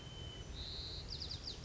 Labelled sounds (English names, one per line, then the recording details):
White-crowned Sparrow
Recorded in Sonoma County, California